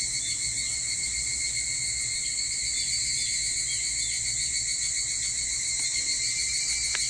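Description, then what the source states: Evening cicada chorus, shrill sustained buzzing ring at steady volume, with a low background hum and a brief click near the end. Recorded 22 July 2023 at 04:40.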